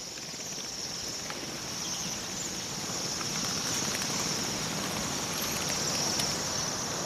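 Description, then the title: Bohemian waxwings trilling together in a high, buzzy, unbroken chorus of thin calls, with low background noise. "Viikon luontoääni: Tilhi"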